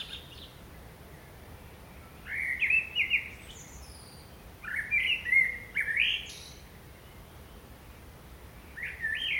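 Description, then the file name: Common blackbird song: three short phrases of low rich whistles, each topped with a scratchy high twitter, the last cut off at the end. "Turdus merula"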